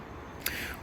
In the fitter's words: and offer that back up into position until it clicks in, ready for when you're travelling.